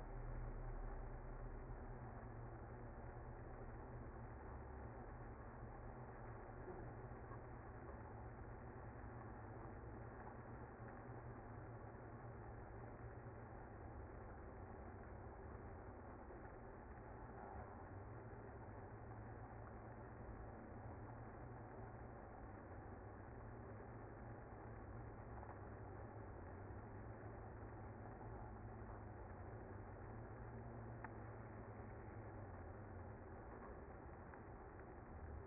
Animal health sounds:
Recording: honeybee colony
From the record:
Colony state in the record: active

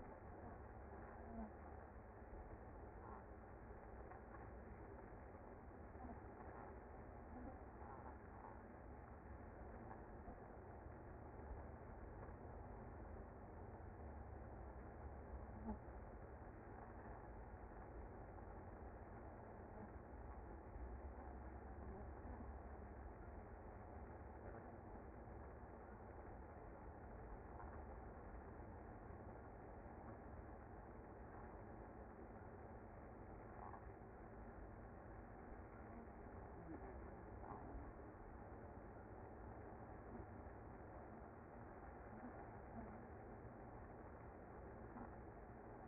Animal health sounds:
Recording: honeybee colony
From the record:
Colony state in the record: active

